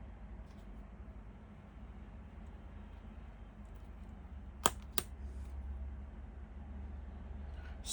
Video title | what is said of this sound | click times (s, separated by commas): DeAgostini Collectibles - Build the Moomin House BOX 22 Part 1 | satisfying click | 4.7 s